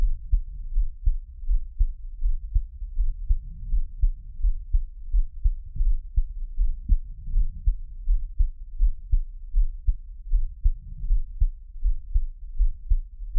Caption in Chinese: 台灣ASMR | 獻上我的心跳 | Give my Heartbeat | NO Talking。